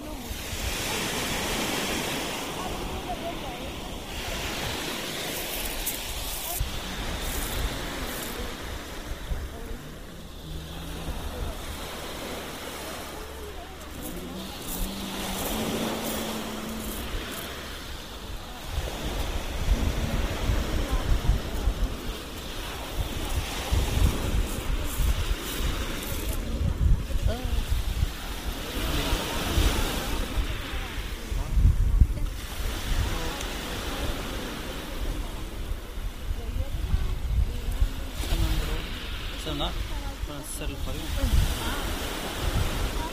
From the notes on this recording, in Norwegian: Opptak fra stranda i Barcelona